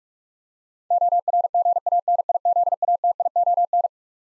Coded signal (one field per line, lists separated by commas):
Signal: Morse code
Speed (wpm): 42 wpm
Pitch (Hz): 700 Hz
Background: none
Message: ORGANIZATION